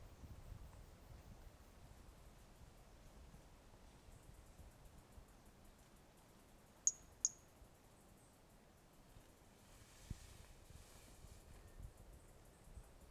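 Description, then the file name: Brachycephalus mirissimus sounding a quick pair of sharp, high-pitched peeps midway through an otherwise hushed stretch with faint hiss. Recorded 18 January 2018; individual 05; the two initial notes of the call are missing; specimen not collected. "Brachycephalus mirissimus 18 jan 2018 individual 05 ex 05 two initial notes missing L F Ribeiro not collected"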